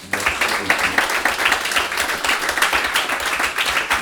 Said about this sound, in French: Eh bien, s'il n'y a pas d'autres questions, je vais vous demander d'applaudir